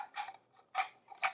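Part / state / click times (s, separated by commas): small feed tube in food processor lid / seated / 0.3 s, 1.1 s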